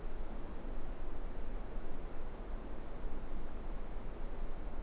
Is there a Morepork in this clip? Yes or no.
no